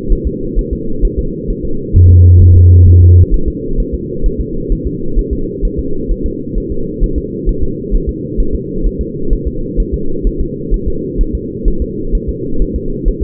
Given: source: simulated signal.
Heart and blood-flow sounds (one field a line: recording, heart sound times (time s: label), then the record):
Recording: fetal heart sounds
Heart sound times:
0.12 s: S1
0.27 s: S2
0.59 s: S1
0.73 s: S2
1.05 s: S1
1.19 s: S2
1.50 s: S1
1.65 s: S2
1.96 s: S1
2.10 s: S2
2.42 s: S1
2.56 s: S2
2.88 s: S1
3.02 s: S2
3.34 s: S1
3.48 s: S2
3.80 s: S1
3.94 s: S2
4.26 s: S1
4.41 s: S2
4.72 s: S1
4.87 s: S2
5.19 s: S1
5.33 s: S2
5.65 s: S1
5.79 s: S2
6.12 s: S1
6.26 s: S2
6.58 s: S1
6.72 s: S2
7.03 s: S1
7.18 s: S2
7.49 s: S1
7.63 s: S2
7.95 s: S1
8.09 s: S2
8.40 s: S1
8.55 s: S2
8.86 s: S1
9.01 s: S2
9.33 s: S1
9.47 s: S2
9.80 s: S1
9.94 s: S2
10.27 s: S1
10.41 s: S2
10.74 s: S1
10.88 s: S2
11.21 s: S1
11.35 s: S2
11.68 s: S1
11.82 s: S2
12.15 s: S1
12.29 s: S2
12.62 s: S1
12.76 s: S2
13.08 s: S1
13.23 s: S2
From the record:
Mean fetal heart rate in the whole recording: 130 bpm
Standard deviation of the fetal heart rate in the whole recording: 4 bpm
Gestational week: 38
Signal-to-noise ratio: -8.1 dB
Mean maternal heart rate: 72 bpm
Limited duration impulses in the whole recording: present